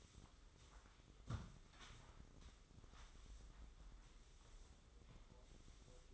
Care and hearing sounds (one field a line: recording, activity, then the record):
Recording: daily activity, microphone in the room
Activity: sweep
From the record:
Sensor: 3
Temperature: 24.5 degrees Celsius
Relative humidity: 30.4%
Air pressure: 995.9 hPa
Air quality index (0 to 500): 94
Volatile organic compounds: 12 ppm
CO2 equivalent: 2355 ppm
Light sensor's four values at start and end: 31/91/38/34 and 30/90/38/33